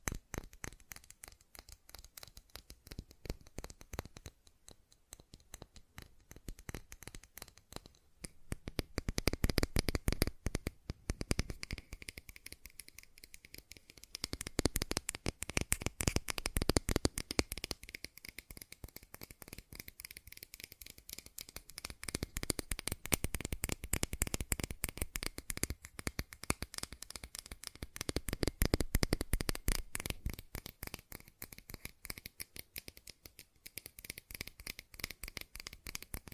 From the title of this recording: ASMR Fast Tapping